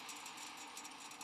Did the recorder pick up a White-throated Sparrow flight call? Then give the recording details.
no. No flight call is heard. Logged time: 11:20 on 13 December 2014